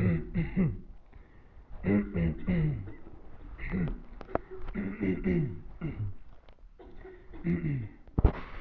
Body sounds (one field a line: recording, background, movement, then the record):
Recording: throat clearing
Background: a bystander coughing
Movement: sitting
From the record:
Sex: male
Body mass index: 21.0 kg/m2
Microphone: on the chest, facing the body